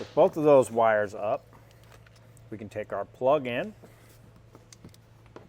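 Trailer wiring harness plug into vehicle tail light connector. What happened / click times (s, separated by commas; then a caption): Wiring plug handled, not yet connected / none. A Curt T-connector trailer wiring harness plug is taken in behind the driver's side panel of a 2022 Honda Pilot, on its way to the vehicle tail light connector, while someone talks. Faint, short handling knocks and ticks follow the talking, around 1.7–2.4 s and 4.5–5.4 s, as the plug is moved around before its latch slots are lined up and it is pushed in. Nothing has seated or clicked yet.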